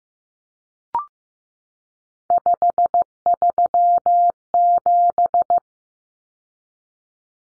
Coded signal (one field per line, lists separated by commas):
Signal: Morse code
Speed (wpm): 15 wpm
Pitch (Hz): 700 Hz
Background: none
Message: 537